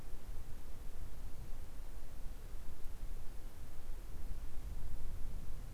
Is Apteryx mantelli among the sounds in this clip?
no